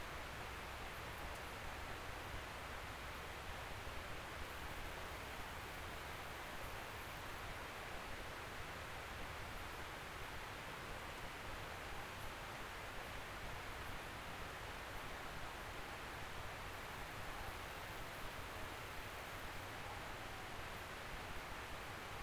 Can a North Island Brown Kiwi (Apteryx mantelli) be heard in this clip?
no